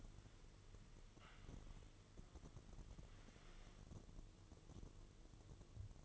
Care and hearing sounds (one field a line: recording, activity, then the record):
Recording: daily activity, microphone in the room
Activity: wipe stove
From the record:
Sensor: 4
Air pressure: 1015.9 hPa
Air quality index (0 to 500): 156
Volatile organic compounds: 5 ppm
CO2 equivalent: 1769 ppm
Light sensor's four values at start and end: 9/19/7/7 and 8/18/7/7